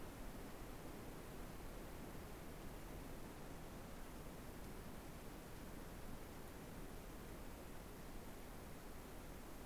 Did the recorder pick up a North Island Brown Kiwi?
no